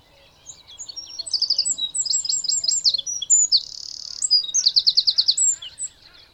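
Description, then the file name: Eurasian wren pouring out a loud, rapid song of piercing trills and chattering phrases, with a buzzy rattle near the middle. "Troglodytes troglodytes"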